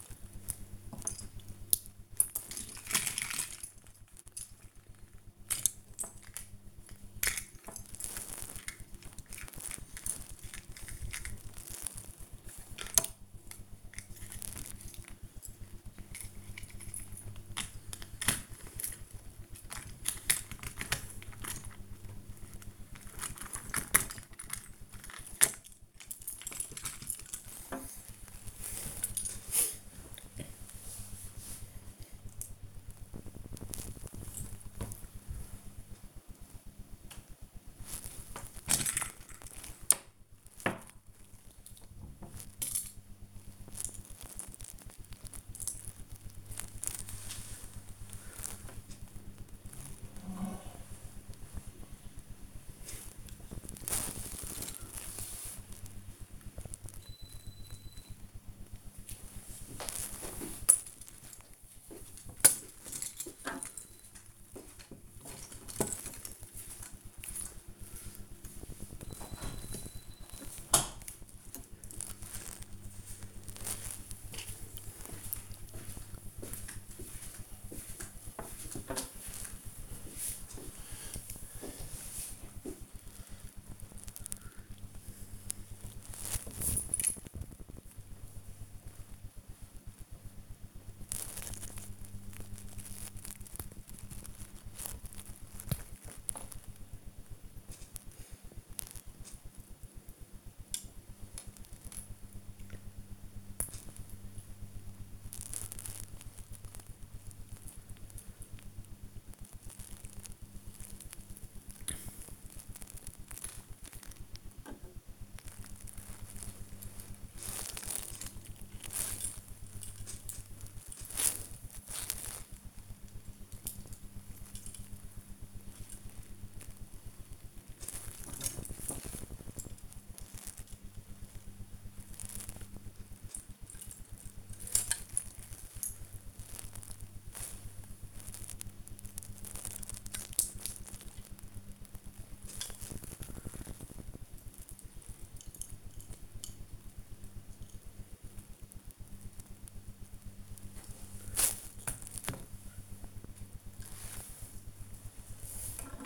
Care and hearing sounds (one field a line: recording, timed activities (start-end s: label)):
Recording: household activities, microphone on the right wrist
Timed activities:
0.00-156.06 s: building with lego